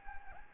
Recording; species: mosquito wingbeat signal from an infrared sensor; Anopheles gambiae